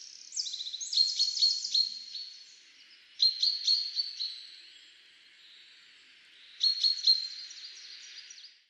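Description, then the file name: Common chaffinch calls: bursts of sharp, high chirping notes in three groups separated by quiet gaps. "Fringilla coelebs"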